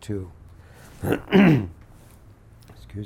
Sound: coughs

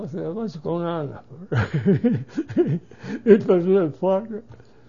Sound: he laughs

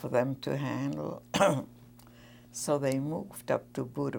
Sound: coughs

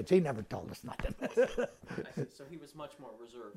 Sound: laughs

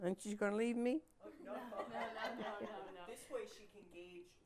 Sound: laughs

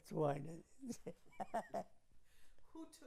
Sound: chuckles

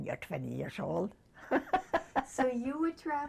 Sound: laughs

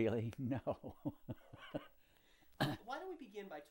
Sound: laughs

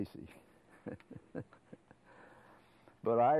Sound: laughs

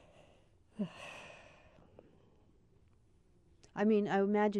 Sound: sigh

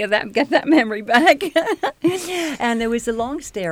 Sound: she laughs

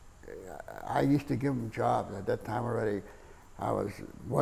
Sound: none

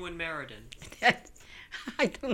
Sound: she laughs

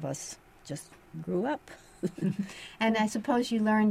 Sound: chuckles

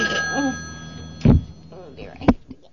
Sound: bell rings; long pause

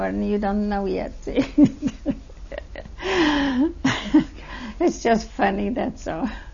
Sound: she laughs

